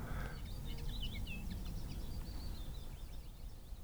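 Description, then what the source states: Common linnet song: soft, thin twittering of short chirps running throughout, set against a steady low rumbling background. Sitting close by, softly twittering; a quiet, not very conspicuous song.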